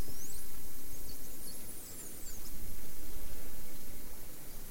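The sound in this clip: Dolphin whistles, a quick cluster of high swooping and dipping tones in the first half, over a dense underwater hiss and low rumble.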